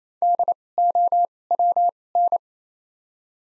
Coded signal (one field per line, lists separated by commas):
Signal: Morse code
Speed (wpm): 28 wpm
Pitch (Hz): 700 Hz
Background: none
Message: DOWN